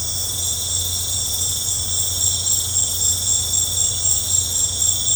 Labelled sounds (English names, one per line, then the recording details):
none
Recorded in pastures near Puerto Asís, Putumayo, Colombia, on 15 December 2024 at 20:30
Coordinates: 0.502, -76.324
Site G077